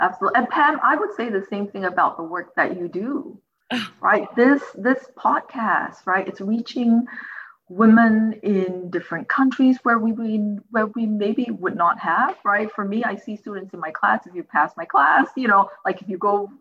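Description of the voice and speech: An adult woman talks at a brisk, conversational pace. Her speech has a word repetition ('we-we… we'), stretched sounds on several words, and some abrupt pauses between phrases. These disfluencies fit overt stuttering in a generally fluent-sounding speaker.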